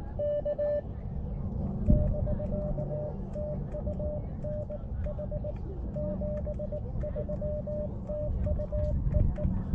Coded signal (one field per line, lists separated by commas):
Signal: Morse code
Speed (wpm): 18 wpm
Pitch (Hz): 600 Hz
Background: none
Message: K <BK> TU NH 73 TU EE